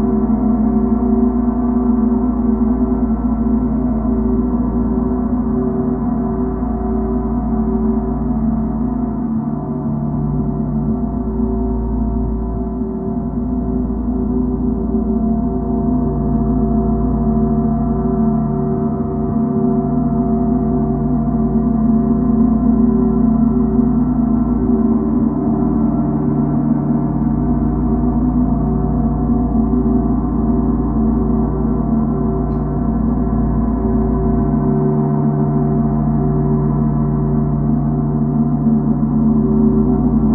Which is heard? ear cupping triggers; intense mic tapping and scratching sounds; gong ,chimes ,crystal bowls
gong ,chimes ,crystal bowls